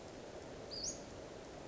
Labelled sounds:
Western Flycatcher
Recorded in Sonoma County, California

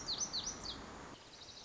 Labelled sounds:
Lazuli Bunting
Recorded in Sonoma County, California

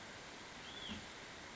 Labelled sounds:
Hutton's Vireo
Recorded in Sonoma County, California

